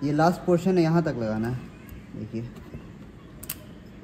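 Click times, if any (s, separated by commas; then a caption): 3.4 s, 3.5 s. A garden hose push-lock quick coupling is pushed fully onto the inlet filter socket of an Agaro 1800W pressure washer while someone talks. After the talking stops, two sharp clicks at 3.4 and 3.5 seconds mark the coupling snapping home and seating on the socket.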